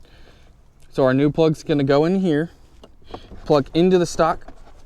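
Someone talks while a new Toyota starter kill-switch wiring harness plug is handled at the stock ignition-cylinder connector under the dash, a plastic latching factory connector. Only faint handling sounds are heard beneath the talk, and nothing has seated or clicked yet.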